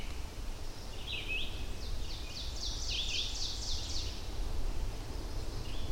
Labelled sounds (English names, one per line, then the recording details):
Ovenbird song
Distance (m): 45 m
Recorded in boreal forest in Alberta, Canada, on 24 June 2016 at 06:25
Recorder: SongMeter 3, array SBT-6-76
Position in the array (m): 220 m, 94 m
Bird 3